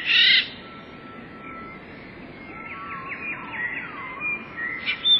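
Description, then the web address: Eurasian blue tit song: a loud, high, buzzy burst at the start, then faint thin whistles and short sweeping notes over a steady hum. "wroblowe teka spiew. wroblowe teka modraszkoteka"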